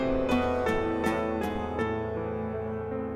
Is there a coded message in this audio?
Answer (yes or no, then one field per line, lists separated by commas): no